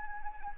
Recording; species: mosquito wingbeat signal from an infrared sensor; Anopheles arabiensis